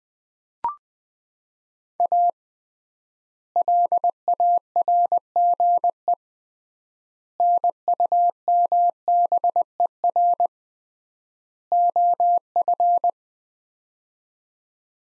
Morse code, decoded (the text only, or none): A LARGE NUMBER OF